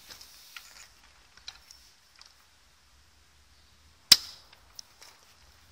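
A friction lining pad is pressed into the housing of an ALKO AKS caravan hitch stabilizer. A few faint ticks and light handling noises come first, then a sharp, loud click at 4.1 s, followed by a couple of small ticks. The pad seats with that click.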